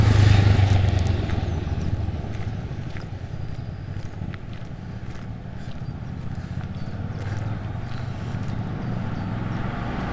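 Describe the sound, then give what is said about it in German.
Steady engine rumble and road noise from two motorcycles and a car passing on a road, loudest at the start and then holding at an even level, with small clicking ticks over the drone. No one speaks. “Und jetzt wollen mal zwei Motorradfahrer nach da oben abbiegen. Zack, muss da einer herkommen.”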